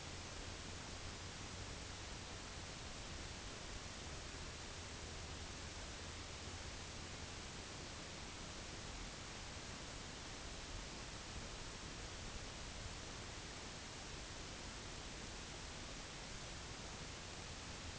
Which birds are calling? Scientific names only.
none